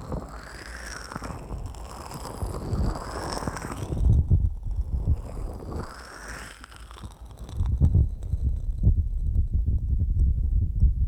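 Wet mouth sounds made with sticky aloe gel: squelching and smacking in two slow swells, one building up to about four seconds and another from six to eight, with thin sticky rising tones. Denser clicks and pops follow to the end.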